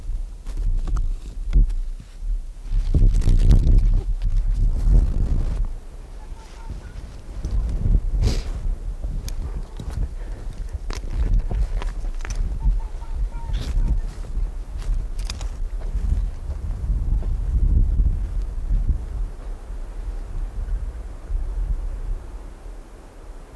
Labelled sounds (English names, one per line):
Arctic Fox